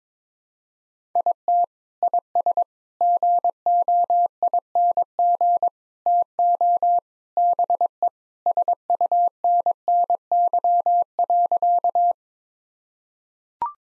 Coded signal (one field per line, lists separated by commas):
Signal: Morse code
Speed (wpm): 22 wpm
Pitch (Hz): 700 Hz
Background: none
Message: IT IS GOING TO BE SUNNY.